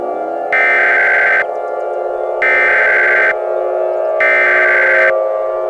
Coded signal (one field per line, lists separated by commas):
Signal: Emergency Alert System (SAME) tones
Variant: header bursts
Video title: EAS Scenario - Angga Daffa